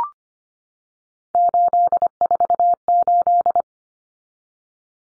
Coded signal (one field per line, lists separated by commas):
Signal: Morse code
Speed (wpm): 25 wpm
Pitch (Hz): 700 Hz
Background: none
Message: 848